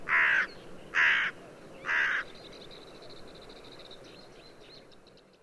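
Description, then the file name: Hooded crow giving three harsh, hoarse caws about one second apart, followed by faint high twittering from small birds over a steady background hiss. "dolmanyos varju Corvus cornix"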